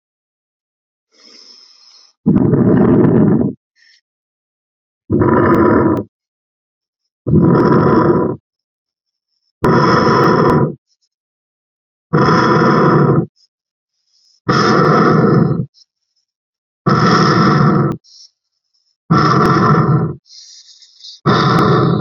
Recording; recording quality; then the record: deep breathing; excellent, no background noise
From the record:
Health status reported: COVID-19 positive, mild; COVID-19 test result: positive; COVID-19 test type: RT-PCR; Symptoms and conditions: cough, cold, sore throat, fatigue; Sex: male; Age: 26 years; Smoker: no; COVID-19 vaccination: both doses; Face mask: not worn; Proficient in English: yes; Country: India